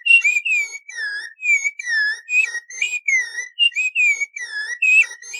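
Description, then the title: Rufous-bellied Thrush giving rich, slurred whistled notes in quick succession, alternating upward and downward inflections in a steady flowing song. Song; species of family Turdidae, representing Brazil as its national bird since 2002. "Sabiá-Laranjeira Canto"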